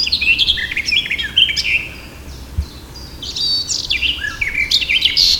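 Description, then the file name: Eurasian blackcap delivering short bursts of loud whistled and chattering notes, two phrases split by a quiet second. "Sylvia atricapilla"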